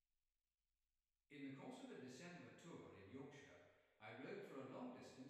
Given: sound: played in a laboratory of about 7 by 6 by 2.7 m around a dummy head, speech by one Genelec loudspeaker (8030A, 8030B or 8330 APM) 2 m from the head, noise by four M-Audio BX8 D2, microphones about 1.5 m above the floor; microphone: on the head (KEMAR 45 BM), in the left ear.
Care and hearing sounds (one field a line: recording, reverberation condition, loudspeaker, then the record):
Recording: male speech in English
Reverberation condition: high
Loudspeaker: 150 degrees to the right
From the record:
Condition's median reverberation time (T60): about 1300 ms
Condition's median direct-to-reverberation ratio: about -4.0 dB